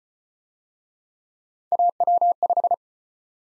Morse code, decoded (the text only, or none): AW5